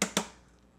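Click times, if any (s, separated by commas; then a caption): 0.0 s, 0.2 s. A Bigtreetech TFT35 touchscreen display mount is pressed down at each of its four corners into the original LCD housing of an Ender 5 Plus 3D printer. Two sharp snaps are heard at 0.0 s and 0.2 s, each fading quickly to quiet, as the mount seats in place.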